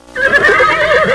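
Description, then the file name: Horse whinnying, a short wavering, tremulous neigh that holds steady for about a second. "cavalli horses"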